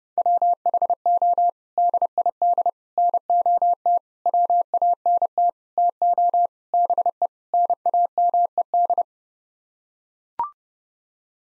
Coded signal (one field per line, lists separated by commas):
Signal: Morse code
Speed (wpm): 29 wpm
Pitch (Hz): 700 Hz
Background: none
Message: WHO DID NOT WANT TO BE NAMED